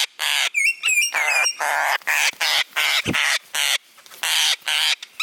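Parrot calling with a few quick whistled notes early on, then a run of coarse, grating squawks separated by short pauses.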